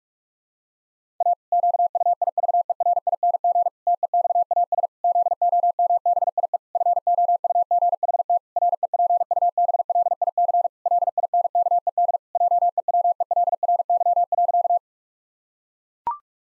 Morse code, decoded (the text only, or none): A QUIVERING TEXAS ZOMBIE FOUGHT REPUBLIC LINKED JEWELRY.